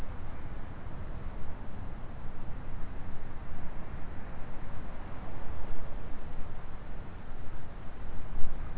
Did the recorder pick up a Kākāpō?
no